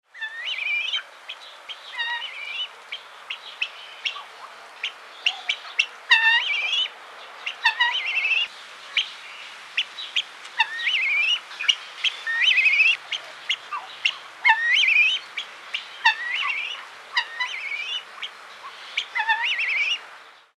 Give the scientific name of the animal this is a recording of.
Numida meleagris